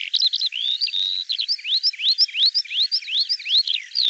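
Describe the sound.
Bird song: after a short twitter, clear up-slurred whistles repeat in quick succession, each rising sharply.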